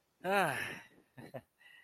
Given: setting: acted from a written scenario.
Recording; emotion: vocal sound without words; elation